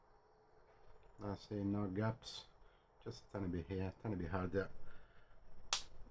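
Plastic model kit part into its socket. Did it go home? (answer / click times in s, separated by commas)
yes / 5.7 s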